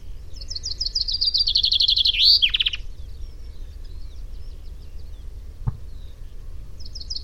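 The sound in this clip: Common chaffinch song: a bright trill descending in pitch and ending in a flourish, then a second song begins near the end, over low steady background rumble.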